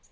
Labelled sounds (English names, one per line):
Lucy's Warbler flight call